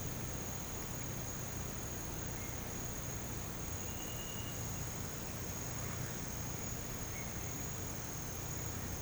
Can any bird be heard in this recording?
no